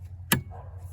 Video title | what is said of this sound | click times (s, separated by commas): DIY - 2014 Kia Sportage 2.0 CRDI: Change the diesel fuel filter | see if i can give you a better angle push until it clicks | 0.3 s